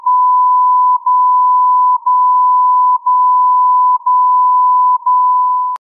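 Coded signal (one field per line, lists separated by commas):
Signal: radio time signal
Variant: MSF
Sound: steady 1 kHz tone, briefly interrupted once each second, five gaps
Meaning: Carrier gaps mark each second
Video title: MSF Time Signal, Anthorn U.K. - 60 kHz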